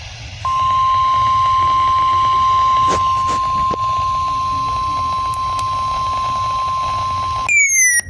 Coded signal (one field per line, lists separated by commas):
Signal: Emergency Alert System (SAME) tones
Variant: 1050 Hz attention tone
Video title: First summer FWD RWT EAS #473